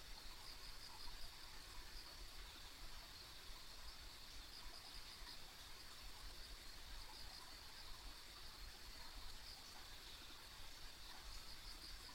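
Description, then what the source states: Constant high insect chirring in a dense chorus, with a rushing low background like running water or traffic hum. Ambient insect sounds recorded on a country road.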